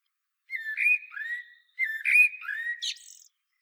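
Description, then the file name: Common blackbird giving two low, whistled, slurred phrases in quick succession, the second ending in a brief high squeak. "Turdus merula"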